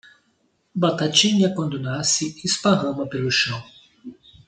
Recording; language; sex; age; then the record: short text; Brazilian Portuguese; male; 40 to 49 years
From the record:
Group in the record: control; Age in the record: 49 years